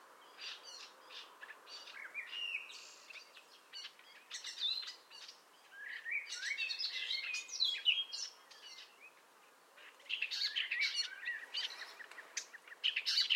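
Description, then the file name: Common nightingale song coming in uneven bursts of whistled and rattling phrases with quieter gaps, over a steady background hiss. "Luscinia megarhynchos"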